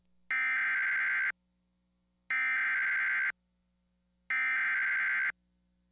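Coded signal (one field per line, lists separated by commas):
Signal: Emergency Alert System (SAME) tones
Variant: header bursts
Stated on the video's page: Severe Thunderstorm Warning aired during an ESPNU/SEC television broadcast.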